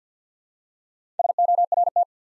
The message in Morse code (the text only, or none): SORT